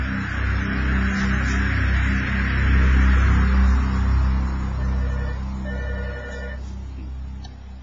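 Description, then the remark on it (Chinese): A telephone rings with short, high electronic trilling bursts toward the end, heard over a steady low hum and soft hiss, with no one speaking. “你真噶？明明掹咗个插苏先上床瞓嘅，个电话仲会响，又似你话。”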